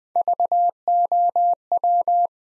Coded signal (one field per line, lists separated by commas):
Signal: Morse code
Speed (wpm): 20 wpm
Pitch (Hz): 700 Hz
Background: none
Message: VOW